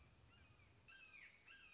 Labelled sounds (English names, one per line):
Red-shouldered Hawk